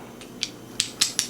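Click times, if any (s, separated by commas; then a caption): 0.8 s. During reassembly of a Beretta PX4 pistol after a field strip, with the spring back in the metal barrel locking block, the block is pressed into the pistol frame. A faint tick at 0.2 s is followed by sharp metallic clicks at 0.4, 0.8, 1.0 and 1.2 s. The locking block clicks into place at 0.8 s and holds the whole assembly together.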